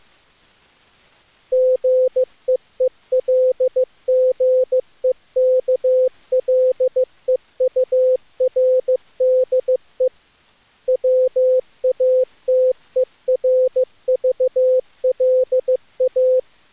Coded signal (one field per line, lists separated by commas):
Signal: Morse code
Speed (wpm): 20 wpm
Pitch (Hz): 510 Hz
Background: none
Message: GEELGEKLEURDE WATERVLA